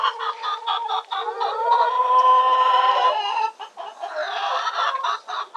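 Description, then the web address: Chickens clucking and cackling together, a dense chorus of overlapping hens with one drawn-out cackle in the middle, then quick clucks resuming. Chorus of chickens in a hen house. "SFXSource AOS Chickens Hen House Chorus"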